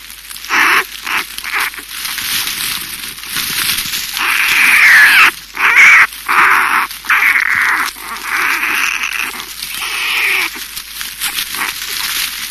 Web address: american black bear